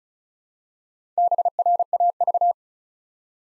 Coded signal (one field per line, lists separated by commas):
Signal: Morse code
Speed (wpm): 36 wpm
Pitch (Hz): 700 Hz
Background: none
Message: BRAV